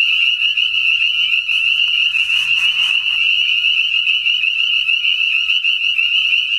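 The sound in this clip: Spring peepers in a dense chorus, countless high piping peeps merging into a steady shrill ring, with a brief rustling noise in the middle.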